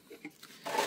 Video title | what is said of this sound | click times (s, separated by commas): 1 litter Pigeon Drinker Pigeon Accessories Pige Products Pigeon Rings Pigeon Medicine | यह देखिए इस type में यह लॉक हो गया अभी फुल | 0.2 s, 0.4 s